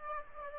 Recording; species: mosquito wingbeat signal from an infrared sensor; Aedes aegypti